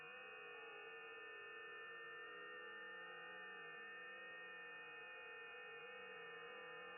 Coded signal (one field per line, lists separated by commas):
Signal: FT8